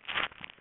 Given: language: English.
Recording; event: throat vibration sensor signal played as sound; swallow